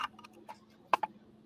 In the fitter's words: it'll like Snap into place and then you just put the M3s around the outside and it's in place